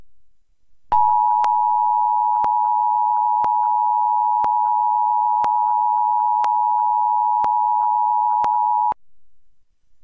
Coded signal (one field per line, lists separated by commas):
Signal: Emergency Alert System (SAME) tones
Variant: 853 and 960 Hz attention tone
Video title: EAS: NPT 2023